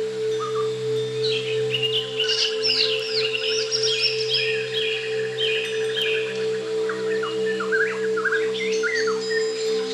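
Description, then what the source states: White-crowned shama pouring out a long, complex song of bright whistled phrases and rapid chattering notes, with lower slurred notes later, over a steady hum. Sound recorded in nature.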